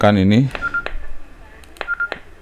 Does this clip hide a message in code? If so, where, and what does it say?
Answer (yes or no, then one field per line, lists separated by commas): no